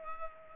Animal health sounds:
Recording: mosquito wingbeat signal from an infrared sensor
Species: Culex pipiens

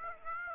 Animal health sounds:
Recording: mosquito wingbeat signal from an infrared sensor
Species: Aedes aegypti

